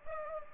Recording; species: mosquito wingbeat signal from an infrared sensor; Culex pipiens